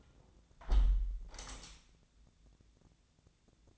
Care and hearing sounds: daily activity, microphone in the room; close window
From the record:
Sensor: 3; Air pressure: 1012.3 hPa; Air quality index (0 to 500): 112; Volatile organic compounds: 1 ppm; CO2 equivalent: 877 ppm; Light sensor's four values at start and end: 174/419/171/158 and 175/421/172/159

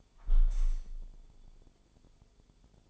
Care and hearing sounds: daily activity, microphone in the room; close window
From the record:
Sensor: 5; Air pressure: 1015.0 hPa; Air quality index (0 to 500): 106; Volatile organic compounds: 2 ppm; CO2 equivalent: 1139 ppm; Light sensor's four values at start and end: 35/81/33/31 and 35/81/33/31

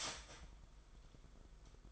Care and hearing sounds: daily activity, microphone in the room; start toaster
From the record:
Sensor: 5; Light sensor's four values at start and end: 36/113/43/46 and 36/113/43/46

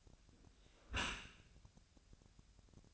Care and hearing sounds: daily activity, microphone in the room; close dishwasher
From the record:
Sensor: 2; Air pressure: 1006.5 hPa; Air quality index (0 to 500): 203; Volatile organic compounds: 15 ppm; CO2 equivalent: 2481 ppm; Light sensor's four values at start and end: 9/21/9/9 and 9/21/9/9

